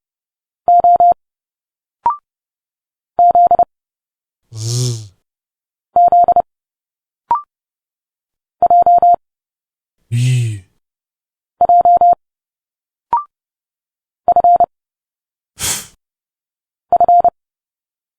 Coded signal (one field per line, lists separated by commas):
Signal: Morse code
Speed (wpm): 30 wpm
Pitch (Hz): 700 Hz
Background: none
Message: O Z Z J J F F